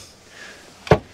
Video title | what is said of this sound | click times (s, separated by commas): The ultimate 'convertible' sportsboat - Saxdor 400 GTC tour - Motor Boat & Yachting | locks into place shove that cushion back in | 0.9 s